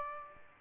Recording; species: mosquito wingbeat signal from an infrared sensor; Aedes aegypti